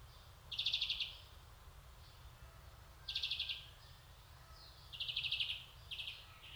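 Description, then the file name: European greenfinch uttering three loud, fast twittering trills spaced a couple of seconds apart, with short extra bursts at the end. "Chloris chloris"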